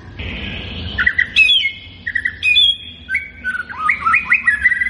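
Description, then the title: White-rumped shama singing loud varied whistles, a brief buzzy opening then clear flute-like notes and fast looping upslurred phrases repeated in quick succession. Lure song to make the bird respond; constantly singing bird. "PANCINGAN MURAI BATU GACOR, LANGSUNG RESPON"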